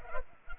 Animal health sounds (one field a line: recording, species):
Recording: mosquito wingbeat signal from an infrared sensor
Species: Culex pipiens